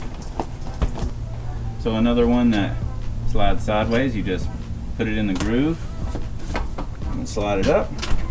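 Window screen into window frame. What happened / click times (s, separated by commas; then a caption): Handled, not yet home: the screen is fitted into its track but has not popped in / none. A screen for a white, sideways-sliding window is put into the groove of the window frame and slid up while someone talks, with a few light taps and rattles of handling. The clip ends before the screen pops into the frame; nothing has seated yet.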